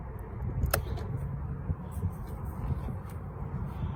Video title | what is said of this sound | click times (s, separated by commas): Installing 3157 LED Daytime Running Light BuIb On a 2003 Suburban | daytime run light led bulb and simply plug it in until it clicks | 0.7 s